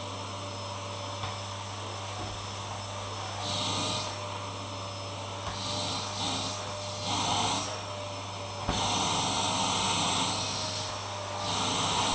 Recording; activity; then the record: daily activity, microphone in the room; vacuum cleaning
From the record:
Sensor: 1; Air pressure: 1007.7 hPa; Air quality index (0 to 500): 78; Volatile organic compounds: 1 ppm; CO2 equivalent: 677 ppm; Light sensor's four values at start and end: 8/19/8/8 and 8/18/7/8